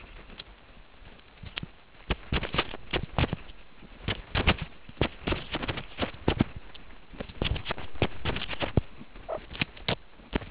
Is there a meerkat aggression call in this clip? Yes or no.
no